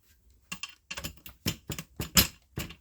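A caster wheel stem is pushed into a leg socket of the base of a Home Computer leather office chair, model MP245, with a series of short plastic clacks and rattles. The loudest, sharpest snap at 2.2 s is the caster seating in the socket.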